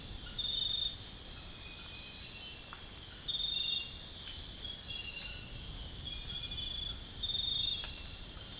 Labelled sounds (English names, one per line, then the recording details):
none
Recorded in dense forest near Puerto Asís, Putumayo, Colombia, on 21 March 2025 at 05:00
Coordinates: 0.485, -76.318
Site G056